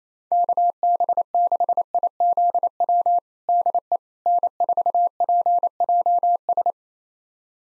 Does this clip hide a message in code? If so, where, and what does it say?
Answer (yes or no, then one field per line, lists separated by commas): yes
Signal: Morse code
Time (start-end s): 0.3-6.7 s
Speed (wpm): 28 wpm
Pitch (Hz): 700 Hz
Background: none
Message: KB6IZW DE N4PJS